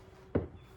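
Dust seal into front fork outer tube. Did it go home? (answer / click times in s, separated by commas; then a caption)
yes / 0.4 s. After being lubricated, a rubber top dust seal is pressed by hand into the top of a front fork outer tube on a Honda ATC250SX ATV. A single short, dull pop sounds at 0.4 s as the seal snaps into place, and it is seated.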